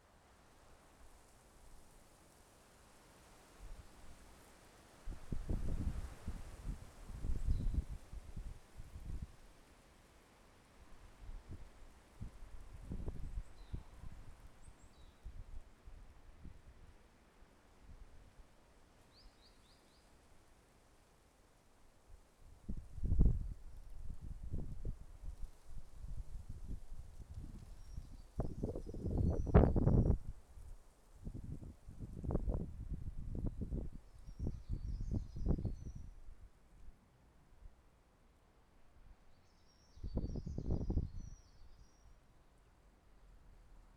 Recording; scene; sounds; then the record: everyday scene through a hearing-aid microphone; wind on the microphone; wind, traffic, birds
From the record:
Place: suburban garden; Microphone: behind the ear, left, rear